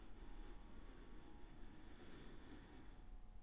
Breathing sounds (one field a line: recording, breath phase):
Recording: one breath near a microphone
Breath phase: inhalation